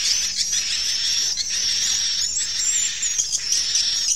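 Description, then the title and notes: Swiftlet chirps, shrill and high, running over a sustained piercing whistle line, with short bursts of twitter scattered through. Swiftlet sound used in bird farming in Asia. "Swiflet Bird Sound. Farming Swiflet Bird asia sound"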